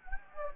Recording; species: mosquito wingbeat signal from an infrared sensor; Anopheles gambiae